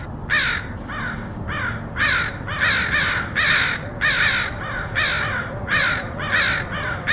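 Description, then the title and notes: Crows cawing, harsh caws in a quick, uneven series, some louder and some softer. Portland, Oregon, USA, August 2003. "Crows recorded by Dan Bodah in Portland, OR, August 2003."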